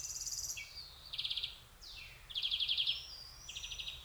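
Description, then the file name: European greenfinch calls: short rapid trilled bursts of high notes, several in succession with brief downward sweeps between, over faint background noise. "Chloris chloris"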